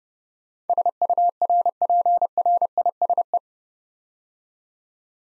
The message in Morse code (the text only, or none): SURPRISE